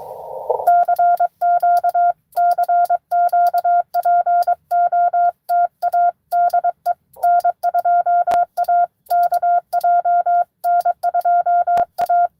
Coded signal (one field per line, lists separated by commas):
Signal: Morse code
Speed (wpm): 24 wpm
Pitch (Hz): 700 Hz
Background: none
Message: CQ CQ POTA DE N2AKJ N2A